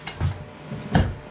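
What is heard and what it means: The front steering knuckle of a Kubota BX compact tractor is slid up onto the splined front axle stub while the gear is rotated, during replacement of a leaking front axle seal. Soft low scraping and shuffling sounds lead to a sharp metallic click at 0.9 s as the steel spline engages. The knuckle locks into place, seated all the way in.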